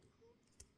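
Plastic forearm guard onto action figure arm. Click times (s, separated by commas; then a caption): 0.6 s. A small plastic forearm guard is clipped onto an action figure's forearm. A short, sharp click is heard at 0.6 s as it snaps on, and it is confirmed seated the right way.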